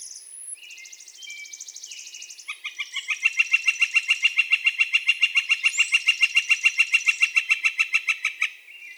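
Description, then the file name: Northern flicker long call starting after brief twittering from other birds, then a rapid, evenly spaced string of loud wik notes lasting about six seconds. Four long calls; recorded 4 May 2020. "2020-05-04 Northern Flicker 4 longcalls"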